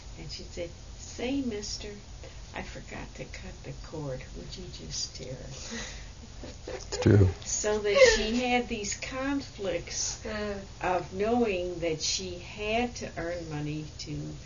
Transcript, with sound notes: and she say, "Hey, mister, I forgot to cut the cord, would you just tear for me,". (they laugh) So they had these conflicts of knowing that she had to earn money to